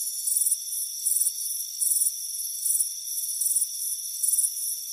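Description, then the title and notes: Crickets give about six bright, trilled chirps in a few seconds, each a brief pulsing burst above a constant high insect drone. Crickets chirping on a warm afternoon on a front porch. "Soothing Crickets Chirping Sound. It's a warm afternoon as you relax in a hammock on the front porch. Relax and fall asleep to the soothing sound of chirping crickets. Deep Sleep Sounds"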